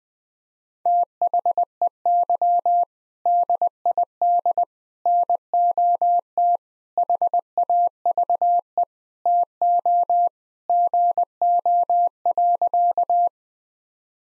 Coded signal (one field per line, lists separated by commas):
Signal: Morse code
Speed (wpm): 20 wpm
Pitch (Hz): 700 Hz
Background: none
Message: THEY DID NOT HAVE TO GO.